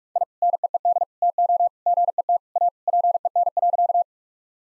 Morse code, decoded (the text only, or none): I NEED TO GET A PEN.